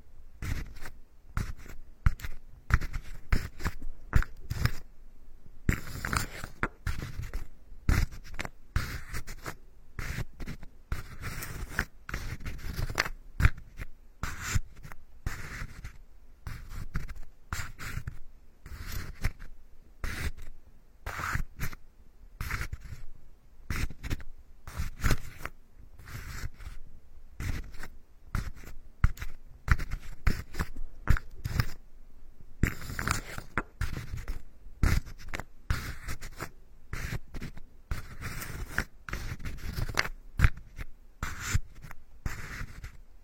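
Wooden tools rub and scrape across the scalp in quick, closely packed strokes that run almost without pause. The scratchy, bright brushing keeps a fairly even pace and loudness, with only brief breaks near five and thirty-two seconds.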